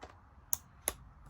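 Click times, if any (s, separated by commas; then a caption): 0.5 s, 0.9 s. A self-tightening keyless chuck on a cordless drill is opened by hand. It gives sharp ratchet clicks at 0.5 s and 0.9 s, and the chuck is released. Faint light handling sounds are heard before and after the clicks.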